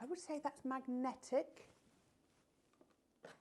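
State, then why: Not seated. Someone talks while trying to stick a magnetic conversion chart onto a metal board, followed by a quiet pause and a brief soft tap around 3.2 s as the chart touches the surface. The chart does not attach, and nothing has snapped or clicked into place yet.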